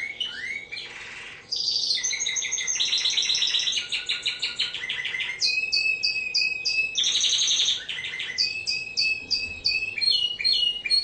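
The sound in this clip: Bird song built from rattling trills, drawn-out whistled notes and quick chipping phrases, delivered almost continuously after a brief opening.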